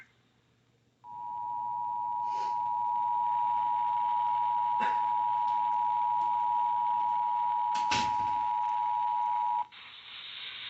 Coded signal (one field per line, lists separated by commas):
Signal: Emergency Alert System (SAME) tones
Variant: 853 and 960 Hz attention tone